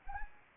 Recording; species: mosquito wingbeat signal from an infrared sensor; Anopheles arabiensis